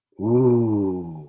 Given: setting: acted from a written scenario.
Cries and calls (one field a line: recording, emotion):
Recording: vocal sound without words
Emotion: awe